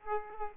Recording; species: mosquito wingbeat signal from an infrared sensor; Aedes aegypti